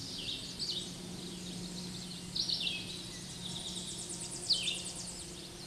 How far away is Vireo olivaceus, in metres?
about 10 m